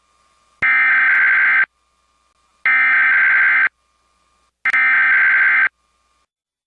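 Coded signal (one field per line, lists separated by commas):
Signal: Emergency Alert System (SAME) tones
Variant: header bursts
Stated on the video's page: Fictional immediate evacuation scenario.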